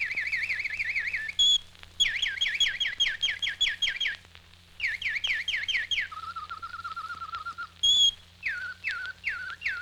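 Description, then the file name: Bird song mixing warbled loops, rapid descending whistled notes, a lower even trill and a few falling whistles at the end, with a low background hum. "G 21-04-Whistling Birds"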